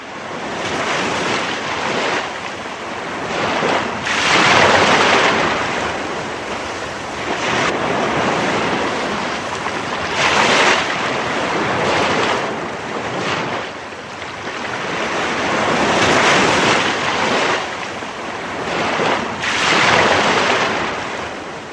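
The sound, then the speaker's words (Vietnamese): Sea waves wash and break on the shore at Boulogne in a steady, roaring hiss, swelling in loud surges every few seconds with wind rushing underneath and no voices. “Macha chưa được thấy biển bao giờ.”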